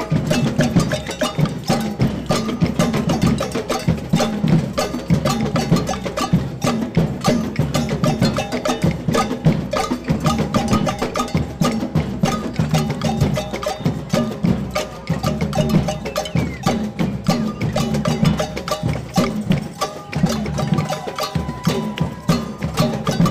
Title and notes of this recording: Québec student strike drums. Percussion on the streets of Montreal during the eighth consecutive night student protest in solidarity with the Quebec student strike